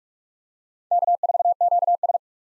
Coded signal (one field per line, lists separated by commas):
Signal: Morse code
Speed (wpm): 47 wpm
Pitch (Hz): 700 Hz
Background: none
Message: K4QS